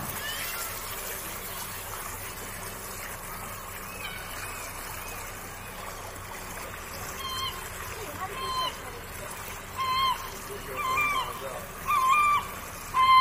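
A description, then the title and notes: Birds call over a steady, even rush of water or surf that fills the whole clip. Short, clear chirps and whistles begin around eight seconds and grow more frequent and louder toward the end, with a sharp call at the very finish. Nature | Kachemak Bay. Located in the Kenai Peninsula of Alaska, Kachemak Bay serves as the residence for a diverse array of birds.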